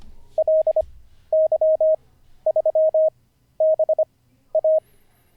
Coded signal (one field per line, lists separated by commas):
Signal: Morse code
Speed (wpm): 25 wpm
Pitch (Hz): 630 Hz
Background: none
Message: LY3BA